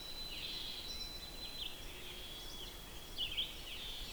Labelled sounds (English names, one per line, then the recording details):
Red-eyed Vireo song
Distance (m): 50 m
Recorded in boreal forest in Alberta, Canada, on 6 June 2016 at 06:20
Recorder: SongMeter 3, array SBT-3-51
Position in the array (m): 59 m, 111 m